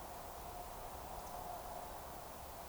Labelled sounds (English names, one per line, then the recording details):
Eurasian Woodcock whistle
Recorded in Baden-Württemberg, Germany, on 15 June 2020 at 02:23 UTC
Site 43791, 788 m above sea level